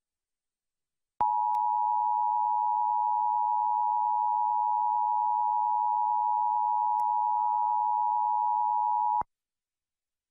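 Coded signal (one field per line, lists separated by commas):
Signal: Emergency Alert System (SAME) tones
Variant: 853 and 960 Hz attention tone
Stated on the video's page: Required Monthly Test SAME tones aired live on KIRO-TV, Central Puget Sound, Washington.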